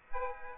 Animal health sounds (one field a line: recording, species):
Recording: mosquito wingbeat signal from an infrared sensor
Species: Aedes aegypti